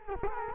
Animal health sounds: mosquito wingbeat signal from an infrared sensor; Culex quinquefasciatus

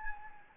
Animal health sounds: mosquito wingbeat signal from an infrared sensor; Anopheles gambiae

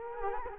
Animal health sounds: mosquito wingbeat signal from an infrared sensor; Culex quinquefasciatus

